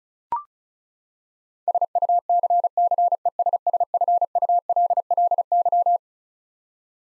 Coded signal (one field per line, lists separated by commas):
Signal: Morse code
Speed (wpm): 36 wpm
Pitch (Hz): 700 Hz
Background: none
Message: SUCCESSFULLY